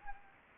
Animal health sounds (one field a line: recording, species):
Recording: mosquito wingbeat signal from an infrared sensor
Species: Anopheles gambiae